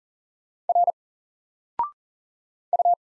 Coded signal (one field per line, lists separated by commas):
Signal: Morse code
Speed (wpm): 40 wpm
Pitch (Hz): 700 Hz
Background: none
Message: R U